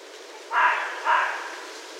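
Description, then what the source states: Red fox barks, two hoarse, harsh syllables about half a second apart, over a faint steady background hiss. Recorded on 16 January 2012.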